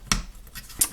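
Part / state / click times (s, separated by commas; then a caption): MOLLE mounting clip into knife sheath / seated / 0.8 s. A polymer MOLLE/belt-loop mount, looped straight through, is clipped onto the plastic sheath of an ANV M311 Spelter knife. A sharp click at 0.1 s and a sharp snap at 0.8 s, with a softer tick just after, show the clip locking into place. No one talks.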